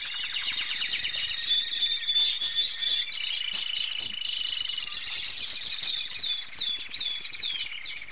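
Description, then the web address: Birds chirping in a busy chorus, many high thin twittering notes and trills overlapping continuously throughout. "Opti Micro-Your Ultimate Multi Media CD. birds"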